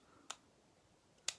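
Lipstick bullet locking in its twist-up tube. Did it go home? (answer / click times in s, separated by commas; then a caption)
yes / 1.3 s. A retractable plastic twist-up lipstick tube, a melt matte lipstick in the shade Old Rose, is twisted all the way past its detent. A small sharp click sounds at 0.3 s, then a louder click at 1.3 s as the bullet locks into place. The bullet is now seated and cannot roll back into the tube.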